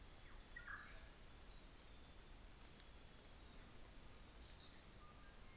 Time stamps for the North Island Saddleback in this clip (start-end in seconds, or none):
none